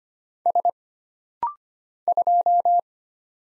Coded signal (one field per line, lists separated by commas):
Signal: Morse code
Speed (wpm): 25 wpm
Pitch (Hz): 700 Hz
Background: none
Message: S 2